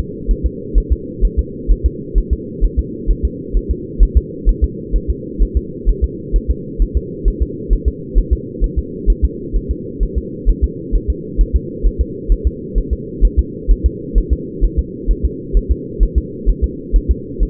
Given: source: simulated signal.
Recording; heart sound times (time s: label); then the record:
fetal heart sounds
0.31 s: S1
0.46 s: S2
0.78 s: S1
0.92 s: S2
1.25 s: S1
1.39 s: S2
1.72 s: S1
1.86 s: S2
2.18 s: S1
2.33 s: S2
2.64 s: S1
2.79 s: S2
3.11 s: S1
3.25 s: S2
3.57 s: S1
3.71 s: S2
4.03 s: S1
4.17 s: S2
4.49 s: S1
4.64 s: S2
4.96 s: S1
5.10 s: S2
5.42 s: S1
5.57 s: S2
5.89 s: S1
6.04 s: S2
6.36 s: S1
6.51 s: S2
6.82 s: S1
6.97 s: S2
7.28 s: S1
7.42 s: S2
7.73 s: S1
7.88 s: S2
8.18 s: S1
8.33 s: S2
8.64 s: S1
8.79 s: S2
9.10 s: S1
9.25 s: S2
9.56 s: S1
9.71 s: S2
10.03 s: S1
10.18 s: S2
10.49 s: S1
10.64 s: S2
10.95 s: S1
11.10 s: S2
11.41 s: S1
11.56 s: S2
11.86 s: S1
12.01 s: S2
12.32 s: S1
12.47 s: S2
12.78 s: S1
12.93 s: S2
13.25 s: S1
13.39 s: S2
13.71 s: S1
13.86 s: S2
14.18 s: S1
14.33 s: S2
14.64 s: S1
14.79 s: S2
15.11 s: S1
15.25 s: S2
15.57 s: S1
15.72 s: S2
16.03 s: S1
16.18 s: S2
16.50 s: S1
16.64 s: S2
16.96 s: S1
17.11 s: S2
17.43 s: S1
From the record:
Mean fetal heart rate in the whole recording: 130 bpm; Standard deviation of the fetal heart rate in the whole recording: 2 bpm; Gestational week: 36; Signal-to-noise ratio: -4.1 dB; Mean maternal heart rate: no maternal heart sound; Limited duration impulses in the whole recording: absent